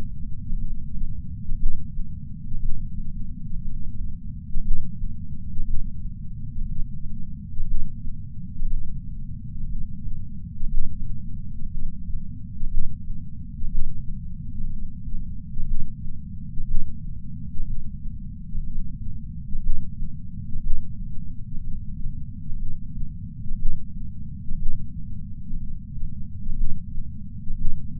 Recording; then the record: heart sounds by patch sensor on the chest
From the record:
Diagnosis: coronary artery disease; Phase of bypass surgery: preoperative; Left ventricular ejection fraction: 56.8%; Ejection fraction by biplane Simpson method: 51.5%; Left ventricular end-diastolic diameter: 44 mm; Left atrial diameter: 36 mm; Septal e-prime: 5.5 cm/s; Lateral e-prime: 7.2 cm/s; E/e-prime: 9.8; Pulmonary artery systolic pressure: 20 mmHg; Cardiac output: 4.1 L/min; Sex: male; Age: 71 years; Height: 160 cm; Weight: 67 kg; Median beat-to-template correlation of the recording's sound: 0.83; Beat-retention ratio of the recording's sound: 0.99